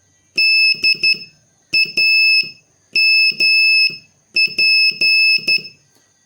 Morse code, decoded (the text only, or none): DAMP